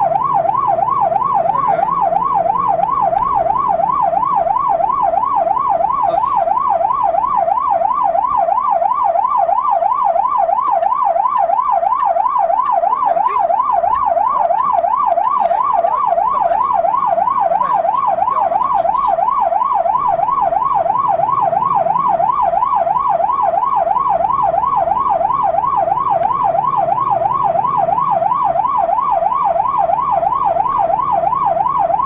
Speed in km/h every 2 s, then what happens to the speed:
40, 44, 45, 42, 32, 23, 16, 12, 20, 20, 25, 27, 33, 39, 40, 43.
0-5 steady at about 44. 5-14 brakes to 12. 14-32 speeds up to 43.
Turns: 11-15.